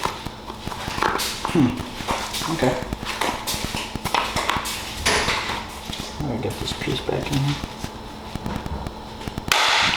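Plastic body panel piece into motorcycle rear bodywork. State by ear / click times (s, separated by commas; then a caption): seated / 9.5 s. A loose plastic body panel piece is pushed back into its mounting on a motorcycle's rear bodywork while someone talks, with scattered light taps and handling noises. A single sharp, loud snap at 9.5 seconds marks the piece seating firmly in place.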